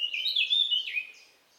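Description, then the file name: Eurasian blackcap song fragment: a brief, clear fluting whistle of slurred notes lasting about one second, then fading out. "Sylvia atricapilla"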